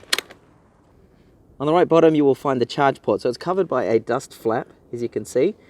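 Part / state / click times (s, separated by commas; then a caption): scooter handlebar stem into its fold lock / seated / 0.1 s. The handlebar stem of an EMOVE Cruiser electric scooter, after pushing down on the handlebar and pulling out the side pin, is folded and pushed in until its metal fold latch clicks locked at 0.1 s, with a couple of fainter ticks just after. Someone then talks over a quiet background.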